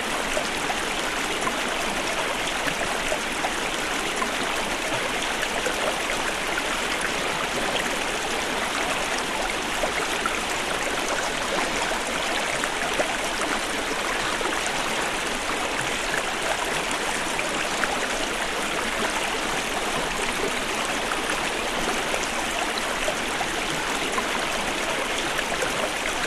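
A babbling brook runs steadily for the whole stretch, a dense, even wash of splashing and gurgling with no pauses or swells. The sound is bright, with fine crackling detail on top and little low rumble beneath.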